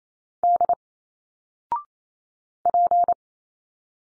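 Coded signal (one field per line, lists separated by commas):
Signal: Morse code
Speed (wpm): 28 wpm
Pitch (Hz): 700 Hz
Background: none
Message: D P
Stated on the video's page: Single-letter Morse drill at 28 wpm with a 0.6-second pause; each letter sent, spoken, then sent again.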